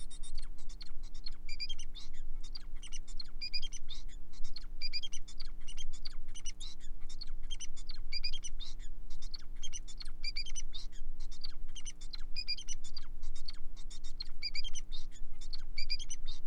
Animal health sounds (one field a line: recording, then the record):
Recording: song of a male Bengalese finch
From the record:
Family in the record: son of father 4